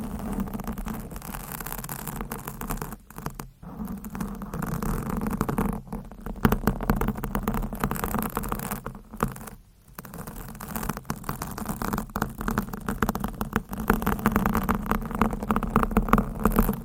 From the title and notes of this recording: ASMR Scratching , Tapping & Massage with DIFFERENT Mics , Items & Nails No Talking.